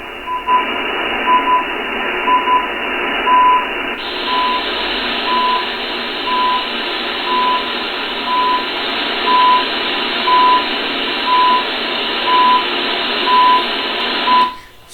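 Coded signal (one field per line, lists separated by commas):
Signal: radio time signal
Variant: CHU Canada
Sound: steady shortwave hiss with short 1 kHz beeps ticking once every second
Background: radio static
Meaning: Each tick marks one second of official time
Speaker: Chu 3330 should be on now really you're back let's try it out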